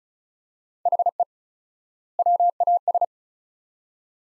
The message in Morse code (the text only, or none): HE WAS